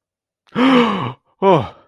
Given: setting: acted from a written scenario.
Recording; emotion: vocal sound without words; fear